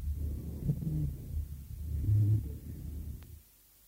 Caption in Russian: Больного хроническим обструктивным бронхитом в стадии обострения. На фоне жесткого дыхания вы услышите не только сухие басовые, но и высокочастотные сухие хрипы, напоминающие свист.